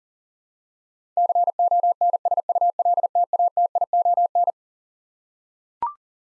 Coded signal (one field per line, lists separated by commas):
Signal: Morse code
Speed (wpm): 37 wpm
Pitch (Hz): 700 Hz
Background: none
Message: CONSULTATION